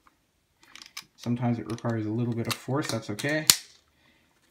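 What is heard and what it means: A set pin is pushed into an airsoft sniper rifle trigger assembly, its small lever arm facing the trigger, and it takes a little force. A few small clicks at 0.6–0.9 seconds lead to a louder snap at 1.0 seconds as it seats. Someone then talks.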